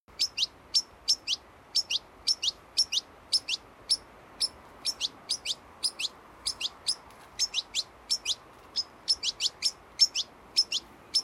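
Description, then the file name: European goldfinch calling steadily, many high tinkling chirps in irregular short runs of two to four notes. "Carduelis carduelis"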